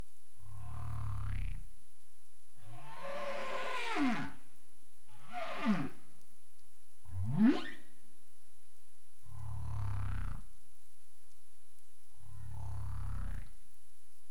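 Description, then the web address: Humpback whale sounding a series of six deep units: a low grunting moan, three swooping upsweeps and downsweeps, then two more grunting moans, against constant underwater hiss. Recorded 2035-04-27, 21:53 UTC. "CARIMAM. humpback whale 20350427 215331 UTC"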